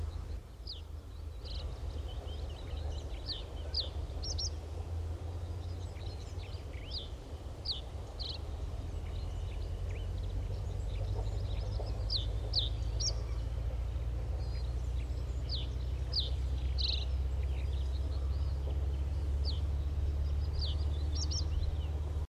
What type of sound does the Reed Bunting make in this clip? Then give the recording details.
song. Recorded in the wild. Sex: male. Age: adult. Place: Horn-Bad Meinberg, OT Billerbeck, Lipper Bergland, Nordrhein-Westfalen, DE. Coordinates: 51.8778, 9.05056. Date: 1971-04-16. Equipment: Uher 4000 Report-S, Bändchenmikro Beyer M 260, Parabolspiegel Polyester (470 mm). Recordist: Conrads, Klaus. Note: Naptetal bei Billerbeck. Männchen: Gesang